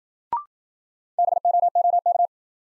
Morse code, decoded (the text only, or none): BOOK